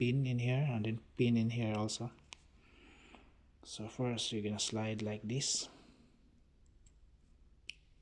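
Someone talks while sliding the plastic head of a MELAZO bicycle speedometer computer onto its handlebar mount bracket, lining it up with the bracket's two pins. Brief light taps and handling noises come through, including sharp ticks near 2.3 s and 7.7 s. The head has not clicked into place on the mount yet.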